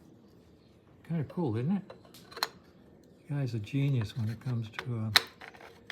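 A hidden toolkit holder cover, mounted behind the hot pipe on a vintage motorcycle frame, is being handled. Someone talks over a few faint clicks and taps. Nothing has seated or clicked yet; the cover has not snapped shut by the end of the clip.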